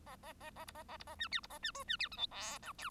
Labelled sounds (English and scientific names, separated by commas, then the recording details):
Bengalese Finch (Lonchura striata domestica) song
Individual Bird1